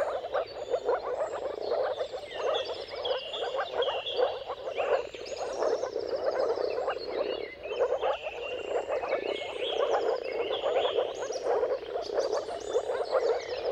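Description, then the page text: Moor frogs produce an unbroken wash of low bubbling calls, while numerous birds sing rising whistles and rapid trills over them. Mating calls of a moor frog chorus at sunrise, at the turn of March and April, depending on the weather. "Jakub-Orzecki moor frogs. Dawn’s Chorus: Mating Calls of Marsh Frogs at Sunrise. Depending on the weather at the turn of March and April, you can witness an amazing spectacle of moor frogs"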